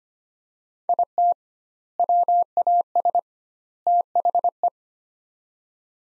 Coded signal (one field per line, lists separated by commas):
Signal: Morse code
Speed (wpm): 25 wpm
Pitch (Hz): 700 Hz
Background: none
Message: IT WAS THE